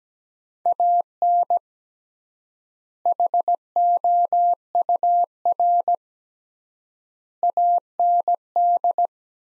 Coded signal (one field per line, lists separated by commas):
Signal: Morse code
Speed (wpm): 17 wpm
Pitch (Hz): 700 Hz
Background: none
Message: AN HOUR AND